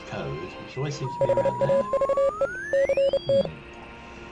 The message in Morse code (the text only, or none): HAVE CT